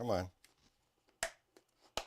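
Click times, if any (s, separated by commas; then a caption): 1.2 s, 2.0 s. Someone talks briefly while pushing a plug or connector into an RC airplane with some effort. It seats with two sharp, loud clicks at 1.2 s and 2.0 s, with a faint tick at 1.6 s in between. A missing click on this connection was one reason the plane crashed the first time.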